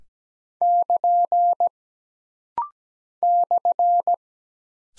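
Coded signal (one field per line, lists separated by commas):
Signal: Morse code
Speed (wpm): 17 wpm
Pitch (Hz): 700 Hz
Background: none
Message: <KN> /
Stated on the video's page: Computer-generated morse code practice at 17 wpm of single punctuation and prosign characters, for instant character recognition drill.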